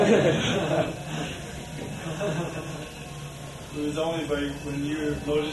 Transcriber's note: laughter